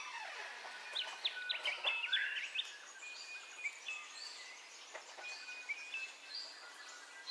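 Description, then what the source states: Birds singing at dawn: a quick, bright warbling phrase early on, then scattered high whistles and chirps from several birds continuing throughout. Dawn ambience of bird calls, recorded in stereo.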